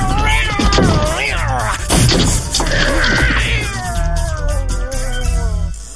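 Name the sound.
cat yowling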